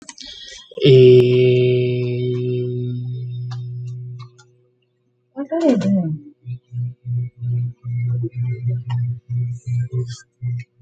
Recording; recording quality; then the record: sustained vowel as in made; moderate, slight background noise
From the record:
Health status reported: healthy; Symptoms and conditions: sore throat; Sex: male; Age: 30 years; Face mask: not worn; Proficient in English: yes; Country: India